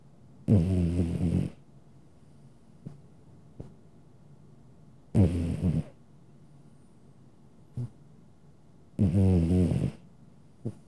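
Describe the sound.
Domestic cat snoring with three low, rasping snores every four seconds or so, small clicks and snuffles scattered between.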